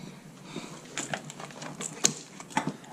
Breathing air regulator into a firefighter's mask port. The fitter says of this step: the side like so okay now that click you heard is this button right here okay